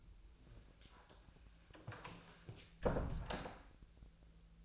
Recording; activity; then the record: daily activity, microphone in the room; close door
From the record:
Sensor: 2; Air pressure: 1000.4 hPa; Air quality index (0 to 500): 174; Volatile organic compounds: 3 ppm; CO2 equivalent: 1444 ppm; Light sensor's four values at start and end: 9/23/9/10 and 9/22/9/10